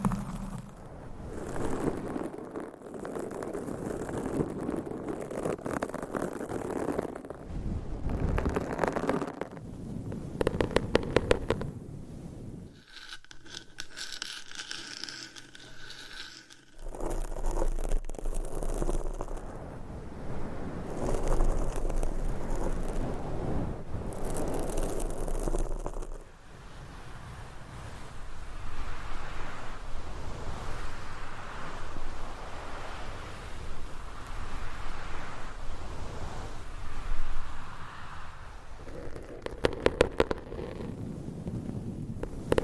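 Nails scratch against microphone covers, a dense, rough scraping that keeps shifting in texture as the surfaces change. A near-silent gap with faint hiss falls around 13 to 17 seconds, and brief sharp clicks stand out near 11 and 40 seconds.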